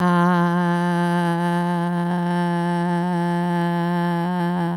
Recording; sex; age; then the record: sustained vowel /a/; female; 60 to 69 years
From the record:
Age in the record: 64 years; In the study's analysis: included